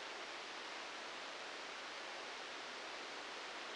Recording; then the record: brain microelectrode recording played as sound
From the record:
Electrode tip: outside the subthalamic nucleus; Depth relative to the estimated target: 0 mm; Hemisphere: left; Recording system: NeuroSet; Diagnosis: Parkinson's disease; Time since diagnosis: 19 years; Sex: female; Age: 69 years